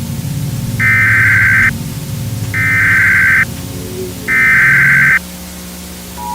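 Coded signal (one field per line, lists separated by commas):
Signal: Emergency Alert System (SAME) tones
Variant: header bursts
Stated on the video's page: Fictional analog-horror EAS scenario made with Audacity and text-to-speech narration.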